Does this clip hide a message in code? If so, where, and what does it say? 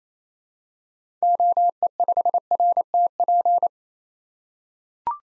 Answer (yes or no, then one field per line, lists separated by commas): yes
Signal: Morse code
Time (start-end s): 1.2-3.7 s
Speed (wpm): 29 wpm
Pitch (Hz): 700 Hz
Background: none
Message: OE5RTP